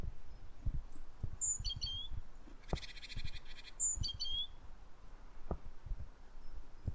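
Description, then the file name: Great tit calls, two short high phrases: a thin high note dropping into a quick stack of lower chirps, with a brief buzzy rattle between them over low rumbling background noise. "Parus major"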